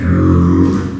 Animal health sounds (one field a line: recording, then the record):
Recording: squeal of a Yucatan mini pig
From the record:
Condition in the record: after surgery on the right vocal fold (resection and tissue-engineered implant)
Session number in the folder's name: 12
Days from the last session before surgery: 105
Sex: female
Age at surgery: 19 weeks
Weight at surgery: 25 kg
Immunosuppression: prednisolone